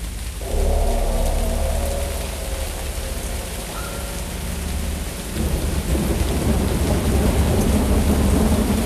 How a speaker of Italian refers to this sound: Dove questo rumore di pioggia, probabilmente appunto registrato dal vivo nel nord del Galles